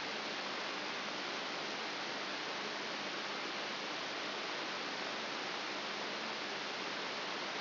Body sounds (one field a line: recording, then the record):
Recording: brain microelectrode recording played as sound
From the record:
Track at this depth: inside the subthalamic nucleus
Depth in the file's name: 1.005 mm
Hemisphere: left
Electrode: 3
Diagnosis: Parkinson's disease